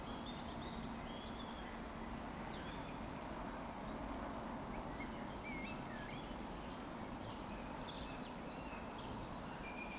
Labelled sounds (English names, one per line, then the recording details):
Eurasian Woodcock
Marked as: woodcock, woodcock
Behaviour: display flight
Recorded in Baden-Württemberg, Germany, on 16 June 2020 at 19:45 UTC
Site 14569, 102 m above sea level